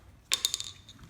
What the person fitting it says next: that's a good pop sound